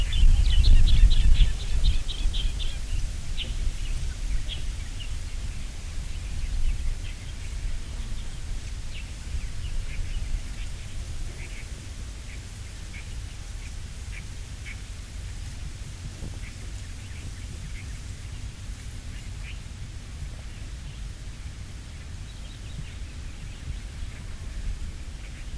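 Wind blows across the water in a steady low rush, with a stronger gust in the first two seconds before settling. Short, high bird chirps repeat throughout, scattered every second or so over the wind.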